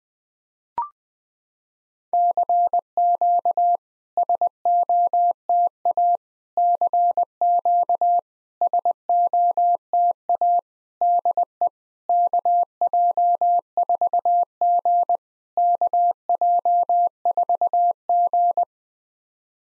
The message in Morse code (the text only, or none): CQ SOTA CQ SOTA DE KJ4G KJ4G